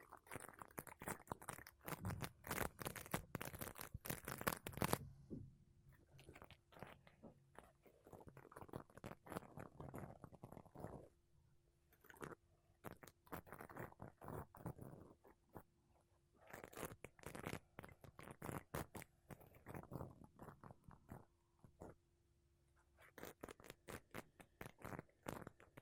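Makeup brushes and a sponge rub across a mic in dense, bursty scratching strokes, loudest early, with quieter pauses and a faint steady hum.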